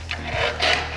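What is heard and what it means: The bracket of a fold-out outside table on a Rustic Trail teardrop trailer is handled against the counter's wall pocket, making a soft tap at 0.1 s followed by rubbing, scraping sounds. Nothing has seated or clicked into place yet.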